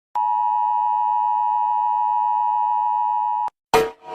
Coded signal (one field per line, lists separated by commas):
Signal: Emergency Alert System (SAME) tones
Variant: 853 and 960 Hz attention tone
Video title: Countryballs stickers- Eas alarm part 4